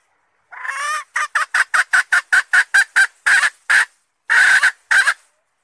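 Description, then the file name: Red junglefowl hen: a brief rising nasal note, then a rapid string of about ten short cackles, slowing into a few longer notes at the end. Hen calling to find a mate. "tieng ga rung mai keu tim kiem ban tinh"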